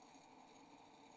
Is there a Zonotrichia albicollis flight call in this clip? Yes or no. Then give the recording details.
no. No flight call is heard. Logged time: 01:34 on 28 November 2014